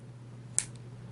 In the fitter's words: off cap hear that click nice